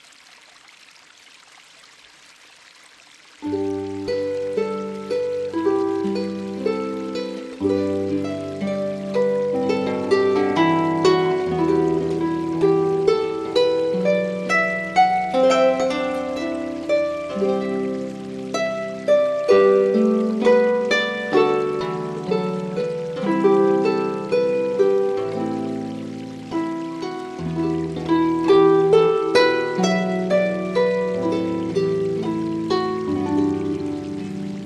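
After about three seconds of near silence, a mellow instrumental piece begins, with sustained low chords and melody notes moving in a steady, unhurried pace. A soft, steady watery hiss of a babbling brook runs faintly underneath the music throughout.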